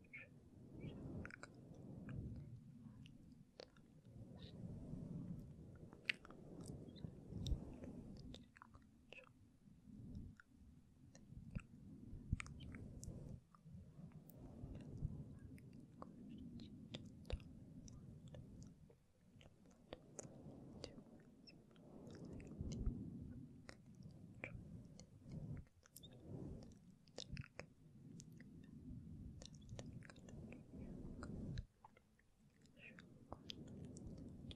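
Soft, inaudible whispering runs almost without pause as a low, muffled murmur, rising and falling in uneven swells. Gentle mic touching adds frequent small clicks, taps and moist crackles scattered throughout, with a brief quiet gap around 31 seconds.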